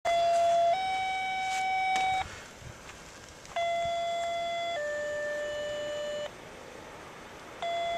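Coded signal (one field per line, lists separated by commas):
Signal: two-tone page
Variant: Quick Call II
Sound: two sequential two-tone pages: two steady tones, a pause, then two more tones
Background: radio static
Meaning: Horn activation page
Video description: Apparently the third set of Quick Call II tones isn't rescue, but rather for horn activation as the relay tripped before the DTMF was complete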